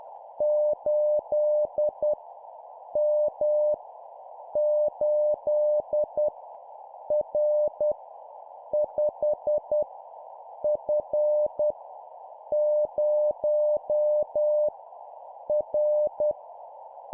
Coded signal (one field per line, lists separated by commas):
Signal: Morse code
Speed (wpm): 10 wpm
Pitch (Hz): 600 Hz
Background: none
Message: 8 M 8 R 5 F 0 R